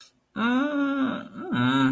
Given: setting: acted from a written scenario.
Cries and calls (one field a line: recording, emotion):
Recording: vocal sound without words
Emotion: confusion